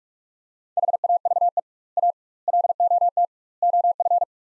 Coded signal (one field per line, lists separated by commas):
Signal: Morse code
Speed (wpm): 42 wpm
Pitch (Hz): 700 Hz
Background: none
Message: HAVE A LOT OF